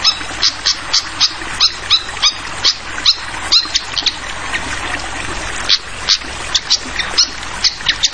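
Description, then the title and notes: Hill blue flycatcher chip calls: sharp, high chips repeated in quick, uneven bursts over a steady hiss of flowing water. Tutoring (masteran) recording for songbirds, clear voice mixed with sound of flowing water. "Masteran Sikatan Kipas Suara Jernih Dan Suara Gemericik Air. Suara Burung Sikatan Londo"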